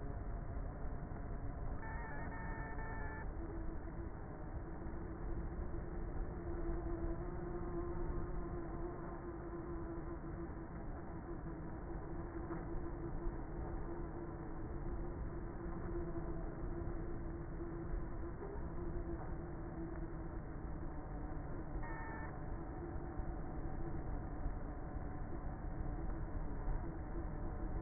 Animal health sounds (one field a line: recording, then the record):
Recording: honeybee colony, microphone inside the hive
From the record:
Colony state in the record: queenless with a low population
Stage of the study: before two queens were removed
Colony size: about 30,000 bees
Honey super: no